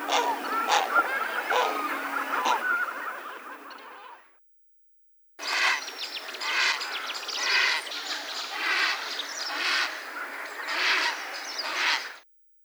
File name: Ardea cinerea